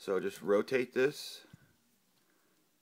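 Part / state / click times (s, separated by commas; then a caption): plastic shoulder piece rotating into a locked position on a transforming robot action figure / not seated / none. Someone talks while rotating the plastic shoulder piece of a transforming robot action figure toward its locked position, which keeps the chest piece from moving when the arm is moved. The talking fades into faint, quiet handling sounds by about 1.5 seconds. The piece has not clicked or seated yet.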